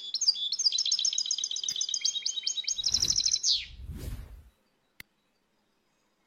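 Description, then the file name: Finch delivering one continuous rapid twittering phrase of bright repeated notes ending in a downward slur, followed by a low rumbling noise and then quiet. "Canto do pintassilgo"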